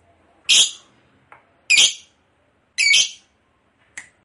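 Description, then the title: Lovebird giving separate harsh, shrill squawks about once a second, with short quiet gaps between them. Ngekek panjang, long continuous chatter, described as gacor, very vocal. "LOVEBIRD NGEKEK PANJANG GACOR BIKIN LATAH"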